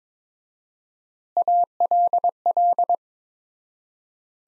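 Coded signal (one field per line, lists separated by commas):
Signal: Morse code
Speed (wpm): 22 wpm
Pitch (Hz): 700 Hz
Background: none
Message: ALL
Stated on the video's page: Morse practice sentences from the top 100 words at 22 wpm with 4x word spacing, a word-based take on the Farnsworth method.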